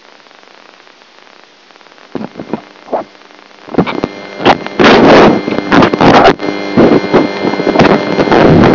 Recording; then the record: brain microelectrode recording played as sound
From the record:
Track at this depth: outside the subthalamic nucleus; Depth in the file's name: 0.082 mm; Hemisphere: left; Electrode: 2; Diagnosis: Parkinson's disease